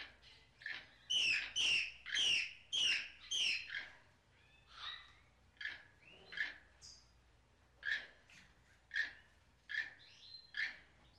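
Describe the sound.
Bird giving sharp chirps, quickly repeated at first, then slower, the notes changing shape partway through, with a low hum underneath.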